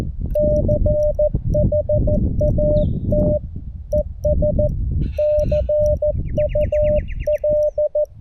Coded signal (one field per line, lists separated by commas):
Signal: Morse code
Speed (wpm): 14 wpm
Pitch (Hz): 600 Hz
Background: none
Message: CHAT ES CUL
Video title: Portable Morse Code QRS Night, PoLo App & Bug QSO!